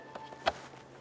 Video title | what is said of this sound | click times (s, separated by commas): How To Replace Blower Motor 2009-2020 Dodge Journey | it right in listen for a click there it is give it a little tug to make sure it's secure | 0.5 s